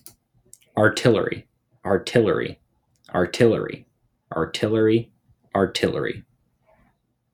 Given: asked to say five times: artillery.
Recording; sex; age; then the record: repeated word; male; 18 to 19 years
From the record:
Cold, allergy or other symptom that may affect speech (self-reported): no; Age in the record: 18 years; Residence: Georgia, United States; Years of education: 13